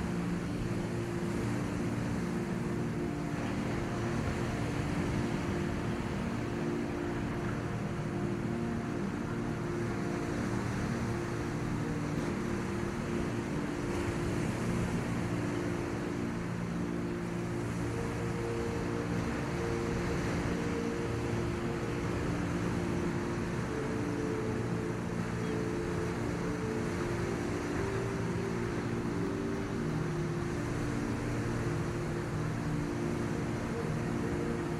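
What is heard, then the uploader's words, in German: Ocean waves form a steady, dense wash that hardly rises or falls over the whole stretch, joined by soft, sustained low music whose held tones shift now and then, around the middle and again near the end. The level stays even throughout. Die Natürlichen Klänge der OZEANWELLEN und Sanfte MUSIK für einen Friedlichen SCHLAF. Eine einzigartige Kombination aus natürlichen Ozean-Klängen und sanfter Musik.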